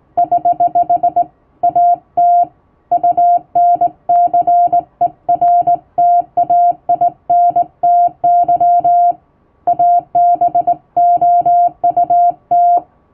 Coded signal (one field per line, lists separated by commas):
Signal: Morse code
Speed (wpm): 19 wpm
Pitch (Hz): 700 Hz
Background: music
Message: <HH> AT UNCERTAINTY ABOUT